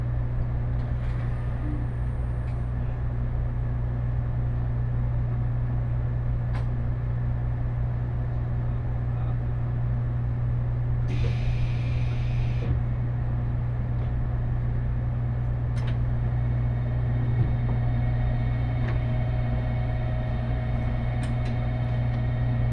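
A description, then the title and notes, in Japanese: Inside an express train, a steady low hum fills the cabin, with a brief rattling burst around eleven seconds and occasional faint clicks. 大村線・佐世保線特急ハウステンボス26号 ハウステンボス→武雄温泉。ハウステンボスから特急ハウステンボス号で武雄温泉に向かいます。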